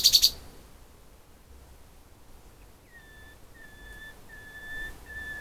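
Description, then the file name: Common nightingale song opening with a short sharp burst, then a series of pure, level whistled notes. "Luscinia megarhynchos"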